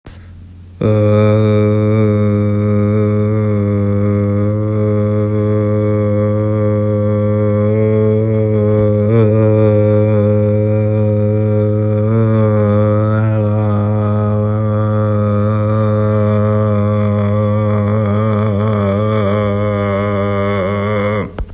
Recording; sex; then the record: sustained vowel /a/; male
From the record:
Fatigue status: fatigue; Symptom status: symptomatic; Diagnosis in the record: COVID-19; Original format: m4a